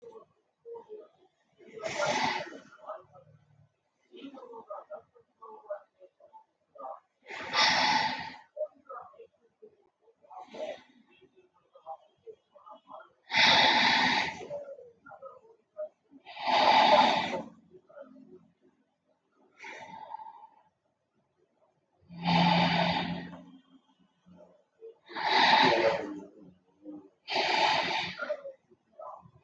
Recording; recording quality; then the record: deep breathing; excellent, no background noise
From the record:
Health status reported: healthy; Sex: male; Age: 41 years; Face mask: not worn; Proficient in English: yes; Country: India